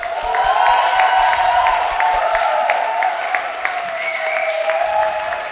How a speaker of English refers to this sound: I want to have one more round of applause for these great organizers.